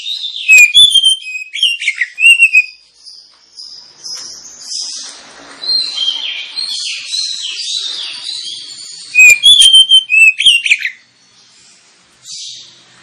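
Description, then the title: Oriental magpie-robin song, loud clear whistled phrases at the start and near ten seconds, separated by a long quieter passage of varied high warbling. Lure of an Oriental magpie-robin (kacer) in loud, continuous song, used to provoke other kacer birds into singing and fighting. "Kacer Langsung Tarung Konslet KACER NGOTOT FULL TEMBAKAN. Kacer dimana SAJA Bakalan NGEPLONG GACOR dengan Pancingan Kacer ini"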